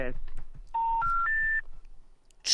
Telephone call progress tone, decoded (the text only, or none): special information tone